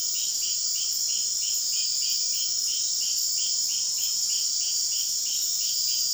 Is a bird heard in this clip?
no